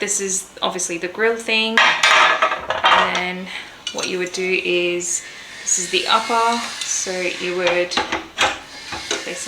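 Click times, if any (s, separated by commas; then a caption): 9.1 s. Someone talks while an upper grill plate is handled and placed onto the lid of an electric contact grill, with light metallic clatter throughout. A single click at 9.1 seconds marks the plate locking into place.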